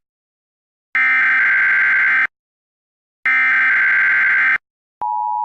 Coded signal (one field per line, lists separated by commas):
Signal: Emergency Alert System (SAME) tones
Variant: header bursts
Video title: EAS Scenario #5: 2nd Civil War